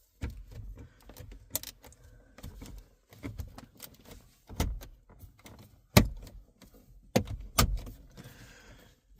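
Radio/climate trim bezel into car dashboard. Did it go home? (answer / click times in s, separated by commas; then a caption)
yes / 1.6 s, 6.0 s, 7.2 s, 7.6 s. A plastic radio/climate trim bezel on a 2020 Mitsubishi Outlander is aligned and pushed into the car dashboard. Soft handling and rustling are punctuated by sharp snaps at 1.6, 6.0, 7.2 and 7.6 seconds as its retaining clips on both sides click home. The bezel is seated all the way in.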